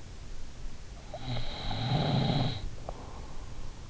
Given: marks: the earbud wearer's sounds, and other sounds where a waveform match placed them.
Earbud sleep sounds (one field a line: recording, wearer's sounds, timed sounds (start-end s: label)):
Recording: sounds in sleep by an in-ear microphone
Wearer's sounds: snoring breath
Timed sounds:
0.74-3.42 s: snoring breath